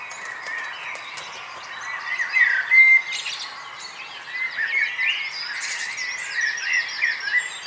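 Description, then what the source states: Birds singing together, clear whistled notes and softer twitters, with a few louder bursts of song standing out from the steady chorus. Dawn chorus, morning atmosphere at Nonnenhorn, 10 May 2009, 04:24.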